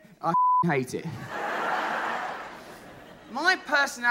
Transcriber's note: soundbite of laughter